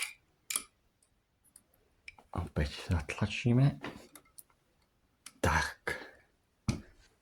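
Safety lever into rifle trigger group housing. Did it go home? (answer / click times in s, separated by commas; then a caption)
no / none. A safety lever is being handled against the metal trigger group housing of an STV MK-67 rifle while the rod is held down. Short metallic taps and clicks sound between stretches of someone talking. Nothing has seated or clicked into place yet.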